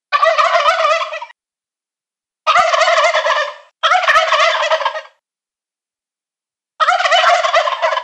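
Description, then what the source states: Wild turkey gobbles, four loud rattling bursts about a second long each, two close together in the middle, separated by silent gaps. Toms (adult males).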